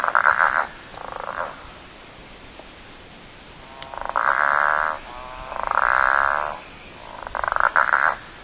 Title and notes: Frog recording 23.11.08 Southern Bell frog. This recording was taken at 8.35pm on 23rd November 2008. Location: Lily Lake In this recording you can hear Southen Bell frogs (Litoria raniformis) calling